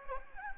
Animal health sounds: mosquito wingbeat signal from an infrared sensor; Anopheles gambiae

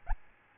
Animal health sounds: mosquito wingbeat signal from an infrared sensor; Aedes albopictus

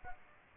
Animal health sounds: mosquito wingbeat signal from an infrared sensor; Aedes aegypti

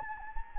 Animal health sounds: mosquito wingbeat signal from an infrared sensor; Anopheles gambiae

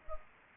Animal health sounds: mosquito wingbeat signal from an infrared sensor; Culex pipiens

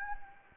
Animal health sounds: mosquito wingbeat signal from an infrared sensor; Anopheles gambiae

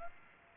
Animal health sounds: mosquito wingbeat signal from an infrared sensor; Aedes aegypti

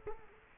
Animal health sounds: mosquito wingbeat signal from an infrared sensor; Culex quinquefasciatus

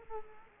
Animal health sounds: mosquito wingbeat signal from an infrared sensor; Culex quinquefasciatus

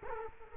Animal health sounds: mosquito wingbeat signal from an infrared sensor; Culex quinquefasciatus

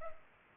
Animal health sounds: mosquito wingbeat signal from an infrared sensor; Culex pipiens

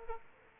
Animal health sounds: mosquito wingbeat signal from an infrared sensor; Aedes aegypti

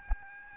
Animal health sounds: mosquito wingbeat signal from an infrared sensor; Aedes albopictus

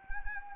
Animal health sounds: mosquito wingbeat signal from an infrared sensor; Anopheles arabiensis

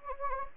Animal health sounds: mosquito wingbeat signal from an infrared sensor; Anopheles gambiae

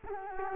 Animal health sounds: mosquito wingbeat signal from an infrared sensor; Culex quinquefasciatus

